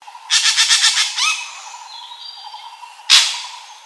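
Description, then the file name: Common green magpie giving a fast harsh rattle of several pulses, a short upswept note, then one sharp burst, over a constant background hum. "suara burung ekek layongan atau cissa chinensis"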